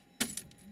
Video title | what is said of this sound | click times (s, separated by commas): Ifet,,Controls Lesson,Part 2. | I just want you to turn it once just once until it clicks | 0.2 s